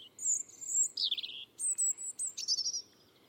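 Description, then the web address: European robin singing: a very high, thin drawn-out whistle, then a tumbling lower twitter, followed by more sharp high whistles and rapid sparkling notes. "Deverinetal 2025"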